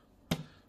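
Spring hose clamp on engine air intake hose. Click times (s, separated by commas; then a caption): 0.3 s. On a 2016 Mercedes E400 Cab during a spark plug change, a reusable spring hose clamp on the engine air intake duct hose is released from pliers and snaps back into its seat on the hose. A single sharp, bright snap at 0.3 s is followed by a short low ring that fades within about a quarter second against a quiet background. The clamp seats firmly in place.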